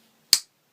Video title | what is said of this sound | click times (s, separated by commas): The Bright Side | Back lock operates nice and smoothly, good sound, snaps into place. | 0.3 s